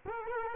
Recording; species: mosquito wingbeat signal from an infrared sensor; Culex quinquefasciatus